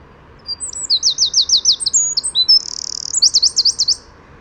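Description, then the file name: Eurasian wren song: very high, rapid sweeping trills, a brief buzzy rattle, then another fast trill, loud and energetic. "Troglodytes troglodytes"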